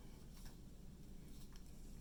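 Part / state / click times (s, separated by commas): ski basket onto ski pole tip / not seated / none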